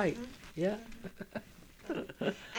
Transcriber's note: she laughs